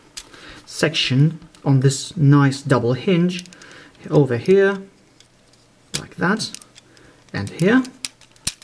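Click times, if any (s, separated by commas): 8.5 s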